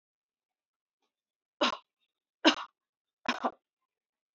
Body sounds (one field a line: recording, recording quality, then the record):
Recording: shallow voluntary cough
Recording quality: excellent, no background noise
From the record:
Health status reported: healthy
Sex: female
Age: 39 years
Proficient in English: yes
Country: India